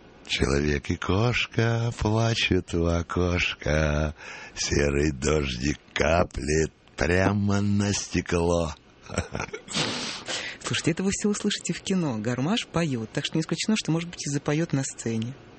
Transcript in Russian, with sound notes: Человек и кошка плачет у окошка, серый дождик каплет прямо на стекло. (смеется)
Слушайте, это вы все услышите в кино – Гармаш поет. Так что не исключено, что может быть, и запоет на сцене.